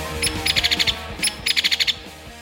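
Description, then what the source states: Hairy Woodpecker calling, a sharp note then a quick run of about six notes, the pattern given twice about a second apart. Call played for comparison with the Downy Woodpecker; described as loud and hairy, like a heavy metal band.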